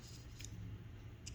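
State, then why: Released. The emergency key blade presses the release tab on a plastic Mercedes-Benz key fob over a low steady hum, with a brief faint tick at 0.5 s. At 1.3 s the back cover release latch unlatches with a sharp click, and the back cover comes open.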